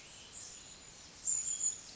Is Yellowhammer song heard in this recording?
no